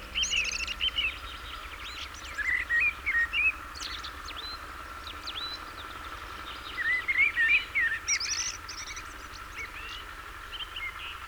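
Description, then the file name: Common blackbird song, somewhat quieter: several short runs of fluty warbles with high twittered endings spaced several seconds apart, over a continuous humming tone and low rumble. "Turdus merula"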